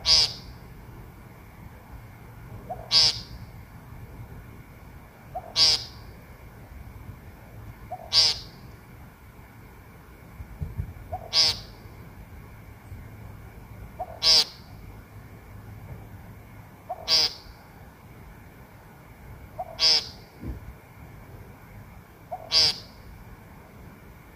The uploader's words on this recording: Recording of a woodcock, made on a Samsung S20.